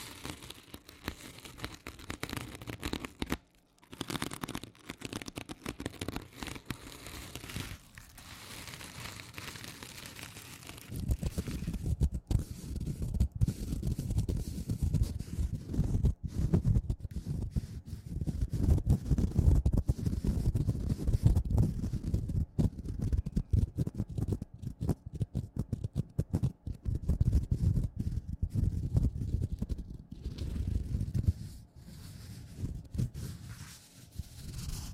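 A sponge scratches and rubs against a surface in dense, rapid strokes, with a crinkly, rasping texture. The first ten seconds are lighter and broken by brief pauses, including one near four seconds; after that the rubbing grows heavier and fuller, continuing almost without break.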